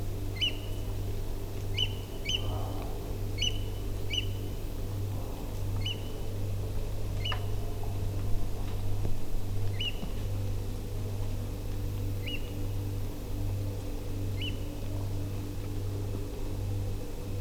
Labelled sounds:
Eurasian Oystercatcher (Haematopus ostralegus)
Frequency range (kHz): Eurasian Oystercatcher (Haematopus ostralegus) 1.7-9.5 kHz
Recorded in France

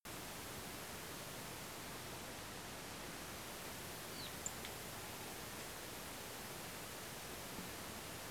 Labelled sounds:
unidentified bird, Song Thrush (Turdus philomelos), unidentified sound
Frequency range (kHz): unidentified bird 2.2-4.7 kHz; Song Thrush (Turdus philomelos) 7.0-9.9 kHz
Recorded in France

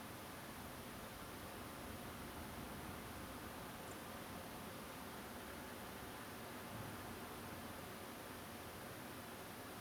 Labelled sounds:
Song Thrush (Turdus philomelos)
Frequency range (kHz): Song Thrush (Turdus philomelos) 6.7-10.1 kHz
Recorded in France

